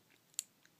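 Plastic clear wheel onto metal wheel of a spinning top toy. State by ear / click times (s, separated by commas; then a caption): seated / 0.4 s. The plastic clear wheel of a Beyblade spinning top toy is lined up and pressed onto its metal chrome wheel, with faint ticks before and after one sharp, bright click at 0.4 s. The click at 0.4 s marks the clear wheel seating onto the metal wheel.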